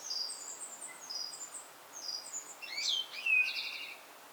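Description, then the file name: Common blackbird, high thin twittering phrases followed by a few squeaky rising and falling notes, with a quiet background. "Turdus merula"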